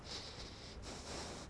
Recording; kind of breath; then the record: one breath in and out by a microphone near the nose and mouth; strong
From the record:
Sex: male